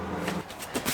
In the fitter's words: locked into place